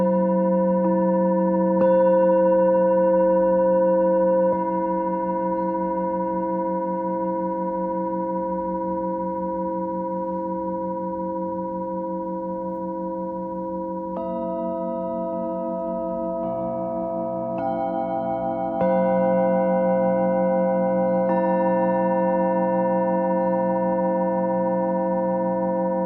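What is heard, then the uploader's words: A Tibetan singing bowl rings with long, sustained tones that hum and beat slowly, layered as new strikes arrive near 2, 14, 17, 19 and 21 seconds. Each fresh strike shifts the pitch blend slightly while earlier tones linger, keeping a steady, resonant drone throughout. Tibetan Singiing Bowl のサウンドヒーリングチャンネル.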